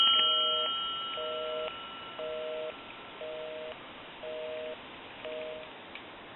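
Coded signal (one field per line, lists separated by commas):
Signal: telephone call progress tone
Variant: North America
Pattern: busy tone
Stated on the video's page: Heard during checkout and repair of a Northern Electric Canada three-slot payphone.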